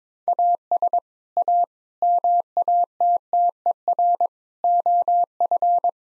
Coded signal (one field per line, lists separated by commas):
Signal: Morse code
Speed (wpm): 22 wpm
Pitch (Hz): 700 Hz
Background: none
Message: AS A MATTER OF